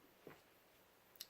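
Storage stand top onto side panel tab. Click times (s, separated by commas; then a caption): 1.2 s. The plastic top of a Spanish Peacock spindle storage stand is angled down over a side-panel tab. A soft low thud comes at about 0.3 s, and then a sharp, bright snap at 1.2 s. The top seats with the tab sticking out over it.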